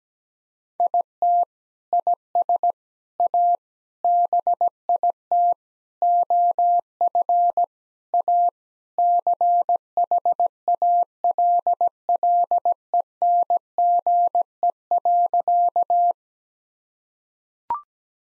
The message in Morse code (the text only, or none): IT IS A BIT OF A CHALLENGE.